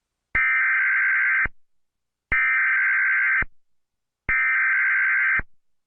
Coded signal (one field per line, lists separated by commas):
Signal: Emergency Alert System (SAME) tones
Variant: header bursts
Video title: Eas tornado warning during inquisitormaster